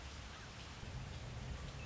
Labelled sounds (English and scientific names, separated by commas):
Red-winged Blackbird (Agelaius phoeniceus)